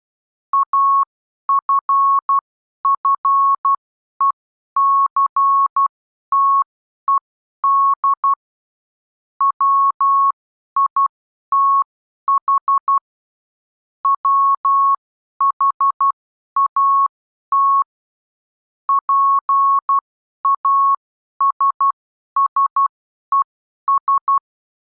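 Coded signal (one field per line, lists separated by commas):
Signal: Morse code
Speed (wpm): 12 wpm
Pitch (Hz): 1100 Hz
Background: none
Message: AFFECTED WITH WHAT PASSES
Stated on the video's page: Morse code reading practice for subconscious familiarisation, the stage after initial conscious learning.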